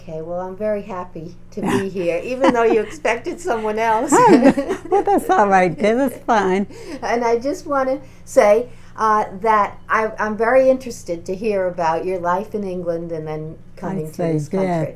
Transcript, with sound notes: Well, I'm very happy to be here, even though you expected someone else. [Both laugh]
That's all right, dear, that's fine.
And I just want to say, uh, that I'm very interested to hear about your life in England and then coming to this country.